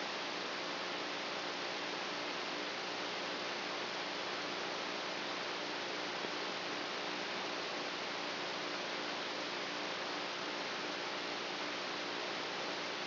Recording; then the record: brain microelectrode recording played as sound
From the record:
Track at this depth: outside the subthalamic nucleus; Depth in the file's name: -1.109 mm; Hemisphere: right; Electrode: 3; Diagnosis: Parkinson's disease